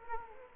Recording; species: mosquito wingbeat signal from an infrared sensor; Culex quinquefasciatus